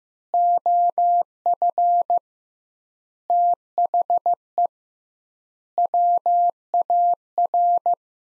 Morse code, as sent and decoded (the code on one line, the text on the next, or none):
--- ..-. / - .... . / .-- .- .-.
OF THE WAR